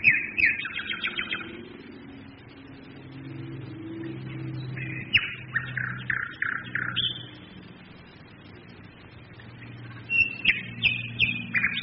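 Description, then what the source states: Nightingale song: varied phrases of chirps, rapid clicking trills and whistles, separated by short pauses, against a continuous low droning engine hum. Nightingales singing together with bombers during the Second World War, 1942.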